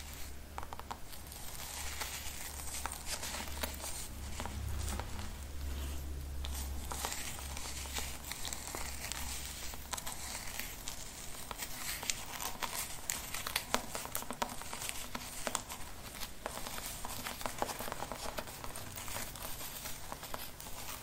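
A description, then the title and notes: Scalp massage sounds with steady scratching and brushing, a dense crinkly rustle of fingers and bristles moving through hair. Quick scratchy strokes come in irregular bursts throughout, with a low hum underneath that drops away after about ten seconds. The Most Relaxing Hairline Treatment ASMR scalp massage, scratching, brushing.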